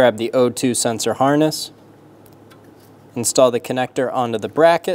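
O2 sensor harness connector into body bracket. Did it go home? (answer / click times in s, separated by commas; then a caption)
no / none. Someone talks while handling the downstream O2 sensor harness connector of a 2003-2007 Honda Accord 3.0L V6, bringing it to its mounting bracket on the car body. There is a quiet pause in the middle before the talking resumes. Nothing has seated or clicked yet.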